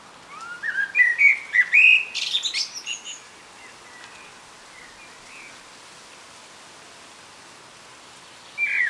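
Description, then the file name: Common blackbird song: a single phrase of soft fluty whistles that climbs into a squeaky, twittering flourish, followed by silence and the start of another phrase. "Turdus merula"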